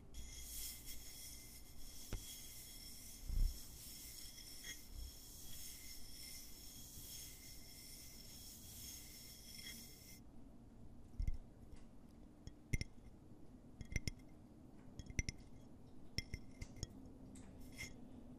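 Close, quiet tapping on objects: a dense, bright rustling patter for ten seconds, then sparse sharp taps and clinks every second or so.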